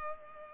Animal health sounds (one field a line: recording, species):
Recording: mosquito wingbeat signal from an infrared sensor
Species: Culex pipiens